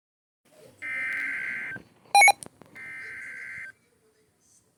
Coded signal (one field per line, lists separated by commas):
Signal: Emergency Alert System (SAME) tones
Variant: header bursts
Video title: CENTRAL OHIO FLOODS (EAS 108-113)